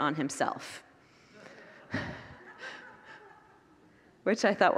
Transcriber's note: congregants laugh